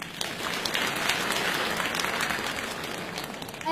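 crowd, audience applause

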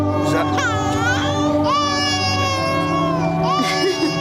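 human body sound, baby crying

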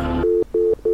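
signal or alarm, telephone tones

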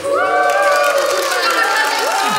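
crowd, audience applause

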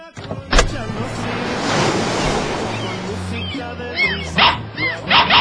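animal, dog barking

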